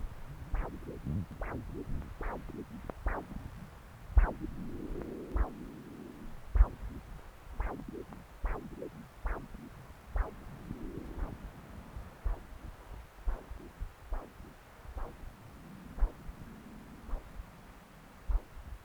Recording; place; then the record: Doppler ultrasound of blood flow; right subclavian vein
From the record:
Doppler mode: continuous wave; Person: adult scuba diver, at rest before a dive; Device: O'Dive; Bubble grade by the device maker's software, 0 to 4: 0